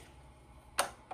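The bottom clip of a hat hoop is pushed back onto the cap driver of an embroidery machine, giving a single sharp click at 0.8 s over quiet background hum, with a fainter tap just after 1.1 s. The click confirms the clip has seated.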